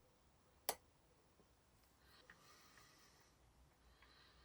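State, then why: Seated. A small steel setting lever spring is engaged into the keyless works of a 1950s mechanical watch movement and seats with one sharp, bright click at 0.7 s. A quieter tick follows at 2.3 s over a low, soft background.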